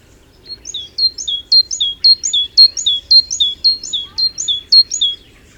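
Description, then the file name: Great tit repeating crisp high two-note phrases in a brisk, even rhythm for several seconds, with a quiet background otherwise. "Parus major"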